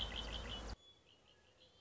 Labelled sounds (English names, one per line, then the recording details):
Red-winged Blackbird
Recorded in Sonoma County, California